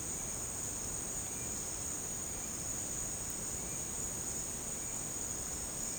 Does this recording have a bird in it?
no